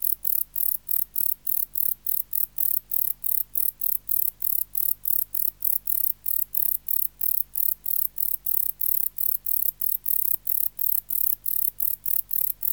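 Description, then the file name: Wart-biter song: high, dry chirps repeated steadily about three to four times a second throughout, with a low steady hum beneath. "Bio Acoustica. Decticus verrucivorus"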